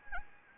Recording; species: mosquito wingbeat signal from an infrared sensor; Anopheles gambiae